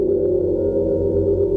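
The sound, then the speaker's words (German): A struck gong rings with a deep, sustained metallic hum, layered overtones holding steady in loudness throughout, with no voices over it. “Mein Name ist Bastian Pastewka und beim Gongschlag geht es los.”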